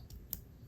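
A female terminal is pushed back into a plastic cavity of the body control module connector while installing articulating running boards (Trimode power steps) on a 2019–2022 Silverado/Sierra. A faint tick at 0.1 s comes before one sharp, bright click at 0.3 s as the terminal seats. The terminal is confirmed seated in the connector.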